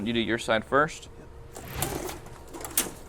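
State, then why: Not seated. A Supermicro AS-3015MR-H8TNR MicroCloud server, with its inner rails attached, is being handled as it is lined up with the rack's outer sliding rails. Someone talks, followed by soft metallic shuffling and brief knocks around 1.6, 1.8 and 2.8 seconds. Nothing has seated or clicked yet.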